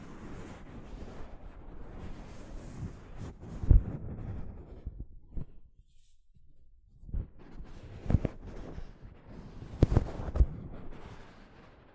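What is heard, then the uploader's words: Soft fabric brushes and rubs against a microphone, making low, muffled rumbling scrapes with sharper thumps around 3.7, 8, and 10 seconds. The rubbing is dense and uneven, drops nearly to silence just before 6 seconds, then resumes and fades toward the end. ASMR Mic Brushing using Soft Fabric (No Talking).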